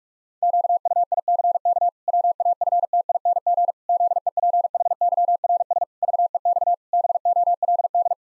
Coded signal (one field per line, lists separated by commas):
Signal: Morse code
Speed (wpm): 41 wpm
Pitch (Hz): 700 Hz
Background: none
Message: QUICK WAFTING ZEPHYRS VEX BOLD